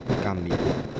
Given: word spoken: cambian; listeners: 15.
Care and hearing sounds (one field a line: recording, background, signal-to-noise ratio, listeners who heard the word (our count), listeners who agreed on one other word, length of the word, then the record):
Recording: one Spanish word in noise, from a listening test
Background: noise modulated by three-talker babble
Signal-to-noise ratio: -3.7 dB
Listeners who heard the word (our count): 1 of 15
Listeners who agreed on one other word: 12 of 15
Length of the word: 0.60 s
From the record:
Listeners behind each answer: 12, 2, 1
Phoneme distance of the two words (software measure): 17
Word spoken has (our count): 2 syllables, 7 phonemes, stress on syllable 1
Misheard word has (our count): 2 syllables, 6 phonemes, stress on syllable 1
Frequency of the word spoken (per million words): 11.29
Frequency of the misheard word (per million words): 306.85